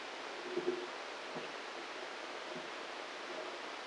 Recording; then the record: brain microelectrode recording played as sound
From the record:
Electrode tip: inside the subthalamic nucleus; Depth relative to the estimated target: 5 mm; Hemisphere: right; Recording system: NeuroSet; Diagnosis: Parkinson's disease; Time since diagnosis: 9 years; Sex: male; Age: 56 years